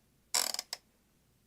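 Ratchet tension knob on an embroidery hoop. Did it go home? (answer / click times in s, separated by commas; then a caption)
yes / 0.7 s. The ratchet tension knob on an embroidery hoop is turned to tighten the hoop on the fabric. A quick run of small ratchet clicks starts at about 0.4 s and ends in one sharper click at 0.7 s, when the set tension is reached. The fabric is now hooped.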